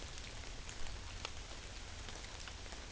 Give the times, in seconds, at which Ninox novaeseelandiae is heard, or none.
none